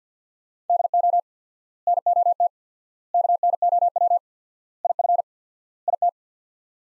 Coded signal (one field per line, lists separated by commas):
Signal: Morse code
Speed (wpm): 50 wpm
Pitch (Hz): 700 Hz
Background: none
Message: DO NOT KNOW IF IT